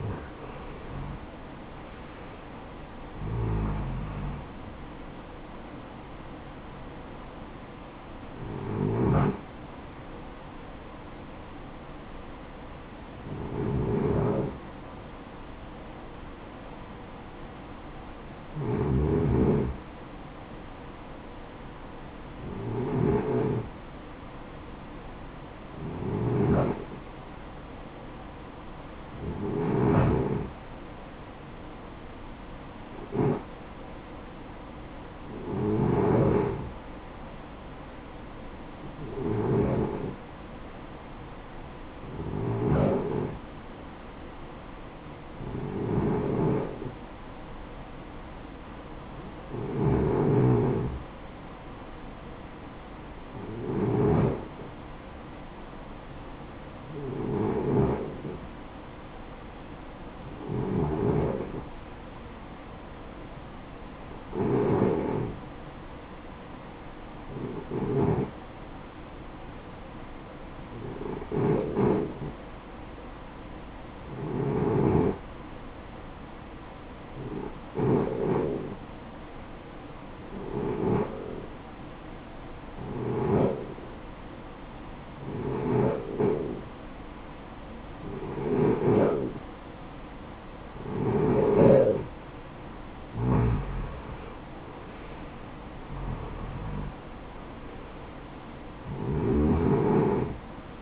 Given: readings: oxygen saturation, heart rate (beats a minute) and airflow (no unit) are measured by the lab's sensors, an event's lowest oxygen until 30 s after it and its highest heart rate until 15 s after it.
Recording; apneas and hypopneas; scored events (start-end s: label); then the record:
breathing in sleep by a voice recorder at the bedside; 1
26.00-91.70 s: hypopnea (REM, oxygen 95% highest, then 88% lowest, heart rate 60 at the start, 77 highest)
From the record:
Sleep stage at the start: REM sleep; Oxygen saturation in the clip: 77 to 95%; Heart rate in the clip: 57 to 86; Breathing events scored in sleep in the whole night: 573 in 9.8 hours asleep